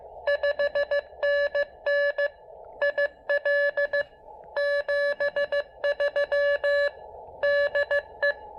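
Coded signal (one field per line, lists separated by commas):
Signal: Morse code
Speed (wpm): 17 wpm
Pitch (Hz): 590 Hz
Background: none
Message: 5NN IL 73 DE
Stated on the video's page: QRP portable POTA park activation with Elecraft KX2 and AX1 antenna on 20 and 17 meters.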